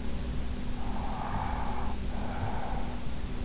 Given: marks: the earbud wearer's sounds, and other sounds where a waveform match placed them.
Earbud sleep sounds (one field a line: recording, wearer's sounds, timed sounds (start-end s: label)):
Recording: sounds in sleep by an in-ear microphone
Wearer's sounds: breath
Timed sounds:
0.50-3.38 s: breath